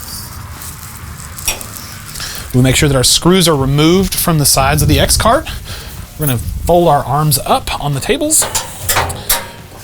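Someone talks while the metal fold-out side table arms on a pellet grill cart are folded up, with a few brief knocks near 1.2–1.6 s. A sharp click at 9.3 s is heard as a side table arm latches and locks in place.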